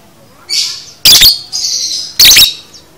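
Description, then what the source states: Lovebird chattering in shrill bursts: buzzy chirps alternate with two loud, harsh screeches about a second apart. Masteran (training audio) for teaching a lovebird the konslet chatter style.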